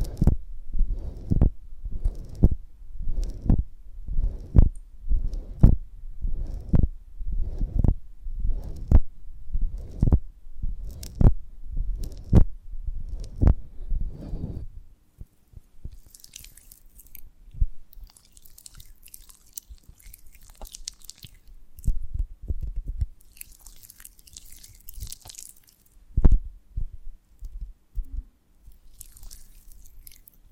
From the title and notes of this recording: ASMR of a Honeycomb on Branch (No Talking).